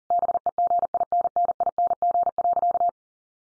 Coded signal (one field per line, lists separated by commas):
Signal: Morse code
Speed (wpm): 40 wpm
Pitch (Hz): 700 Hz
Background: none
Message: BEGINNING.